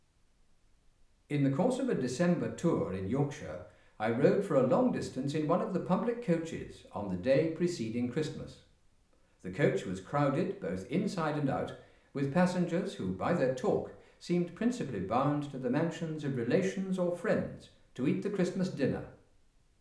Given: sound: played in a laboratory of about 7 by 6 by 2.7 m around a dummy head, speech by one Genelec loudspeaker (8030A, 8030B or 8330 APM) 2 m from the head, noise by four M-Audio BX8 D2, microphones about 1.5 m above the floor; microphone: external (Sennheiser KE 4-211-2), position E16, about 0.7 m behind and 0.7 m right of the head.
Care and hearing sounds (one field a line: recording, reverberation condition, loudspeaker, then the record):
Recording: male speech in English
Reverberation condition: medium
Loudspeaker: behind (180 degrees)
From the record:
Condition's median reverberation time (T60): about 510 ms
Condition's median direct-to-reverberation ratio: about -0.5 dB